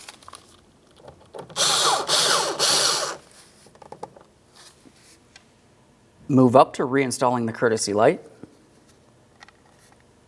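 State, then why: Not seated. A courtesy light wiring connector is handled while being reconnected into the door panel lamp on a 2000-2006 Chevrolet Tahoe. A burst of power-driver whirring comes from about 1.6 to 3.1 s, light handling taps and knocks follow, and someone talks from about 6.3 to 8.1 s. Nothing has seated or clicked yet.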